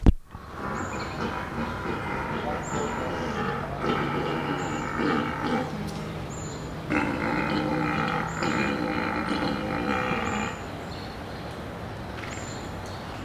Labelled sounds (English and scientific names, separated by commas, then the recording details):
Père David's Deer (Elaphurus davidianus) call
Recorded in captivity
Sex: male
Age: adult
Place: Zoo Rostock, Mecklenburg-Vorpommern, DE
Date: 1986-07-09 18:40
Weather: sunny, 14°C
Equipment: Nagra SN, Kopie Tesla B 116
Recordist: Tembrock, Günter